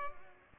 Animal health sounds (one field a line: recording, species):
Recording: mosquito wingbeat signal from an infrared sensor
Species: Culex pipiens